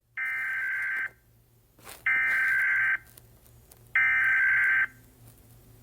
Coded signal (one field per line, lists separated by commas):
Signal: Emergency Alert System (SAME) tones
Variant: header bursts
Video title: EAS Scenario 1: Charizard